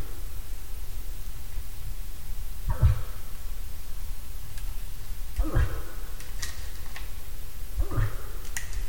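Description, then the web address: Moose grunts, three short hoarse calls dropping sharply in pitch, spaced roughly two and a half seconds apart, over a steady low rumble. "hirvi. nisakkaiden-aania-7-osa-hirvi"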